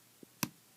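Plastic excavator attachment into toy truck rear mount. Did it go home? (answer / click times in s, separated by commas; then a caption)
yes / 0.4 s. A small plastic excavator attachment is pushed into the rear mount of a 2013 Hess toy truck and locks in. After a faint tap near 0.2 s, one sharp, bright click sounds at 0.4 s, and the attachment seats.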